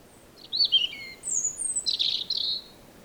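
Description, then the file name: European robin song: short high warbling phrases, a thin descending whistle, then a dense twittering burst, against faint background hiss. "Erithacus rubecula"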